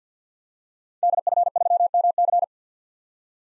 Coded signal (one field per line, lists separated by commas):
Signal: Morse code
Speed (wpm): 50 wpm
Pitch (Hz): 700 Hz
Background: none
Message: DF3MC